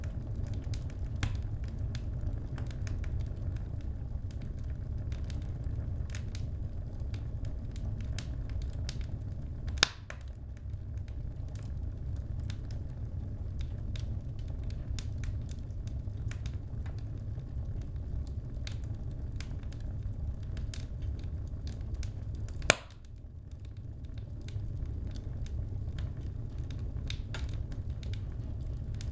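A wood burning stove crackles steadily over a low, constant roar of the fire. Small sharp pops come irregularly every second or so. Louder snaps land near ten and twenty-three seconds, each followed by a brief dip in the background rumble.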